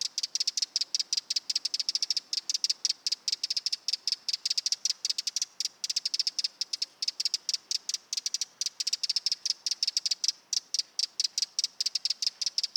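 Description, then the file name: Eurasian wren giving a long, even series of fast, dry ticks forming an almost continuous scolding rattle. "Troglodytes troglodytes"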